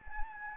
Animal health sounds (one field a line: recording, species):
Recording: mosquito wingbeat signal from an infrared sensor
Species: Anopheles gambiae